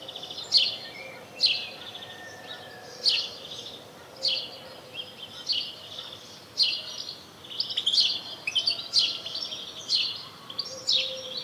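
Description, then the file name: House sparrow chirps, short notes repeated irregularly, some in quick bursts, over faint background noise. "Passer domesticus"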